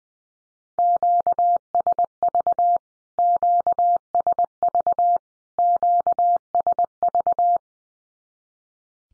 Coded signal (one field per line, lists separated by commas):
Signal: Morse code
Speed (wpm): 20 wpm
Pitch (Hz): 700 Hz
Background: none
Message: QSV QSV QSV